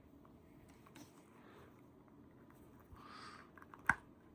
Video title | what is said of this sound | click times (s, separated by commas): NOTTAA - Cyan Lion Version Normal | Hop, on a entendu clic. | 3.9 s